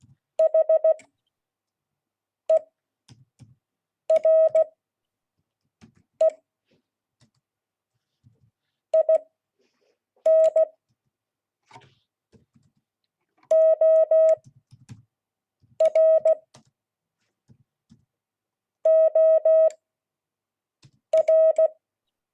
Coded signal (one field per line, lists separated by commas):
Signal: Morse code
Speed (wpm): 16 wpm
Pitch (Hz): 640 Hz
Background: none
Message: HERE IN OR OR